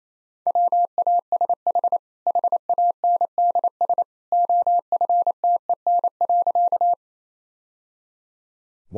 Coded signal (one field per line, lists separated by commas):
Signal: Morse code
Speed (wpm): 28 wpm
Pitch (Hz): 700 Hz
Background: none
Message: WASH HANDS OFTEN.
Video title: Easy Sentences with Hints - 28wpm